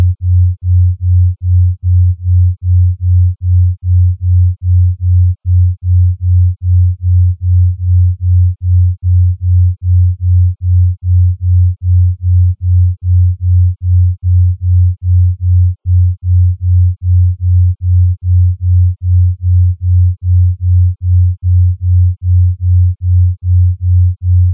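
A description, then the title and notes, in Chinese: A delta brainwave tone at 2.5 Hz: a single low, deep hum that throbs on and off in a steady, even rhythm, a couple of pulses every second. It never changes over the whole stretch, with no other sounds behind it. 德尔塔脑波2.5Hz丨δ频率。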